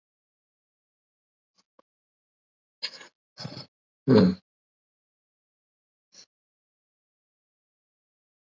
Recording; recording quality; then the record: shallow breathing; moderate, slight background noise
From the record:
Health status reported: COVID-19 positive, mild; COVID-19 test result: positive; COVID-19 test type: RT-PCR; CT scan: not taken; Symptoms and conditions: cough, cold, sore throat, muscle pain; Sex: male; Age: 30 years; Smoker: no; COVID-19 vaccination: both doses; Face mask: worn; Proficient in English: yes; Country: India